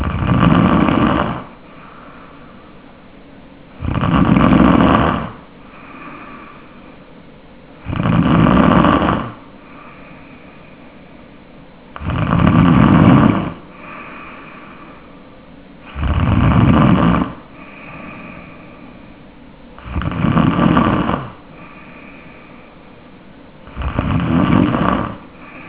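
Tongue base snoring from an adult sleeper: loud, regular snores about 15 per minute, each lasting about a second and a half with strong low-frequency energy, separated by quiet pauses with faint softer sounds between them.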